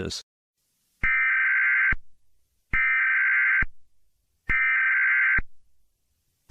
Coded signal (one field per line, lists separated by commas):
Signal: Emergency Alert System (SAME) tones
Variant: header bursts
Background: speech